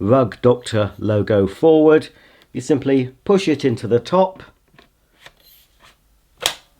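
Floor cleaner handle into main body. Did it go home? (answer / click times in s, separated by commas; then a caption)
yes / 6.5 s. Someone talks while the handle of a Rug Doctor Cordless Hard Floor Cleaner is pushed down into the top of the machine's main body with the logo facing forward. After a few faint small sounds, a loud, sharp click at 6.5 s marks the handle locking into place.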